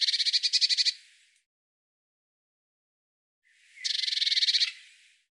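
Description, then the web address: Eurasian blue tit giving two high, buzzy, rapidly pulsed churring calls with silence between. "Deverinetal"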